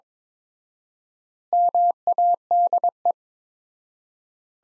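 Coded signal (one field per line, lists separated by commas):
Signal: Morse code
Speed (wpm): 22 wpm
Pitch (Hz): 700 Hz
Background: none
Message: MADE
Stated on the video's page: Morse practice of sentences from the top 500 words at 22 wpm with 4x standard word spacing, a Farnsworth-like method for head-copy.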